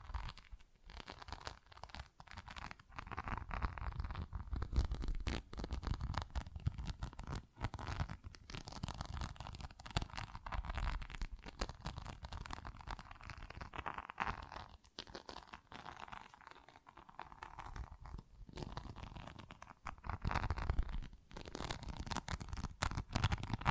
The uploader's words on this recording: ASMR Tingly Textures Tapping and Scratching No Talking.